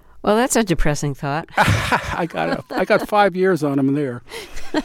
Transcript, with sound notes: Well, that's a depressing thought.
(LAUGHTER)
I got five years on him there.